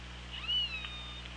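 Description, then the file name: Killer whale call: a single harmonic call that rises, peaks briefly and then falls away, heard against a constant low electrical hum and hiss. OrcaLab hydrophone, 24 August 2017, 18:03. "Orca Lab UTLN JASON 20170824 180336"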